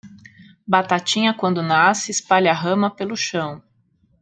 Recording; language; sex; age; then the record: short text; Brazilian Portuguese; female; 40 to 49 years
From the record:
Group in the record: control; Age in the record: 41 years